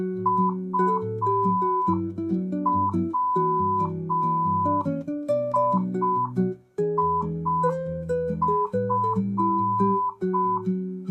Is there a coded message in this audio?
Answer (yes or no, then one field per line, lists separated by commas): yes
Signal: Morse code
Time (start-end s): 0.2-10.6 s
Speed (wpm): 5 wpm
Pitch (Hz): 1000 Hz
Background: music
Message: UWIIF